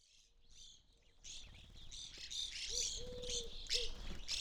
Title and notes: McCloud in Siskiyou County, California. It was a relatively warm winter morning, and a flock of Evening Grosbeaks was busily eating a breakfast of sunflower seeds from a feeder hanging from the branch of a birch tree in my backyard.